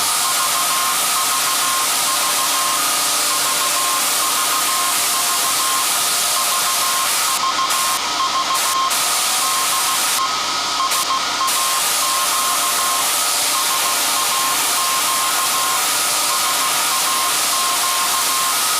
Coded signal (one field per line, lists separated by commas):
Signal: Morse code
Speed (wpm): 16 wpm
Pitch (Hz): 1060 Hz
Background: none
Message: VVV VVV VVV DE SAQ SAQ SAQ